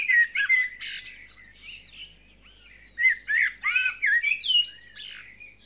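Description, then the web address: Bird singing: varied warbled phrases with clear whistles, quick trills and chirps, broken by a brief pause, then a louder burst of mixed notes. Dawn chorus of birds. "KMP Film Video Sound Effects. Vogels - Ochtendkoor"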